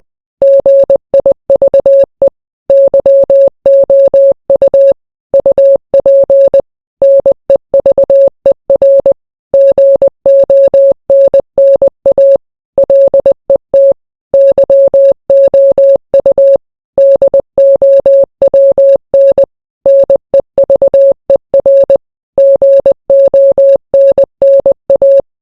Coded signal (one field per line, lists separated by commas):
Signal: Morse code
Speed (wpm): 20 wpm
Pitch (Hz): 550 Hz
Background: none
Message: GIVE YOU UP NEVER GONNA LET YOU DOWN NEVER GONNA